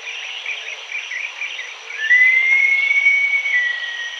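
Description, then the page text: Green-backed kingfisher call: one long, clear whistle that rises slightly and then holds steady for over a second, over a constant buzzy insect-like chatter. "Green-Backed Kingfisher Call. Quick Sounds"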